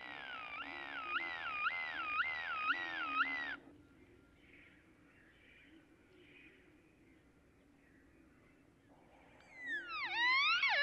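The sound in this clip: Great-tailed grackle whistled calls: a rapid wavering whistle series, a quiet pause, then a burst of fast rising sweeps.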